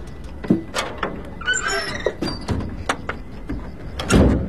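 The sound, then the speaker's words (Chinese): A sliding door rolls shut with a rumbling, grinding scrape, broken by a series of sharp clicks and knocks and a brief high squeal, ending in a louder thud as it closes. “门咋关上了呢？”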